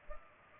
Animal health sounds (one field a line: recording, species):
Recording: mosquito wingbeat signal from an infrared sensor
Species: Culex pipiens